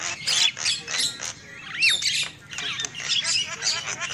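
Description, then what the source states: Lovebird squawks come in rough bursts of chatter, with one clear arched whistle standing out near the middle. Lure call used for trapping lovebirds.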